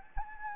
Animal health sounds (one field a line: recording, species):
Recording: mosquito wingbeat signal from an infrared sensor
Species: Anopheles gambiae